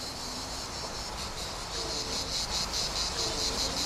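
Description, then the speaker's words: Cicadas give a high buzzing drone with a pulsing rhythm that grows clearer partway through, over a noisy background. Cicadas heard in the background during a conversation; their rhythm is jokingly compared to jazz. "Moi, j'entends surtout les cigales."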